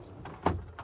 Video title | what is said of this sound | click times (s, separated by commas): Overland Expo Interview with Mario Donovan of Adventure Trailers - Part 2 | locks in place you still have access to these drawers so it brings it | 0.5 s